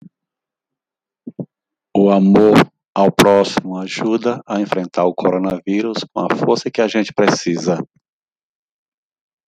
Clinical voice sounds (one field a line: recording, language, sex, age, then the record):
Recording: spoken sentence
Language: Brazilian Portuguese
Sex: male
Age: 50 to 59 years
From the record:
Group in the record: control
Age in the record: 52 years